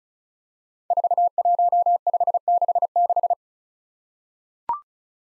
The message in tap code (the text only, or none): none